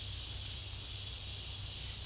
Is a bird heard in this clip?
no